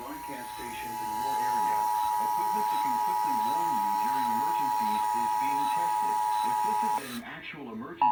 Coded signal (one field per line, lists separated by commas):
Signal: Emergency Alert System (SAME) tones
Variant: 853 and 960 Hz attention tone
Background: speech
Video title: AM/FM (EAS # 360) Required Monthly Test